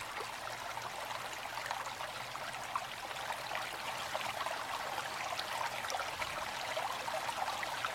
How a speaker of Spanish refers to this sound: El río se deslizaba a hurtadillas.